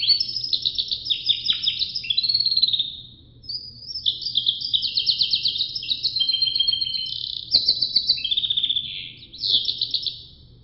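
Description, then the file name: Russian canary song of varied rapid trills and rolls, brief pauses between phrase groups, over a low steady hum. Sanger × Russian canary cross. "suara sangerxkenarirusia"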